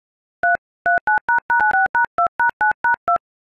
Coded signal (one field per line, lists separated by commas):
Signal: DTMF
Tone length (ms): 130 ms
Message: 339##96#2#9#2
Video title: Iphone IOS ring tone on dial pad.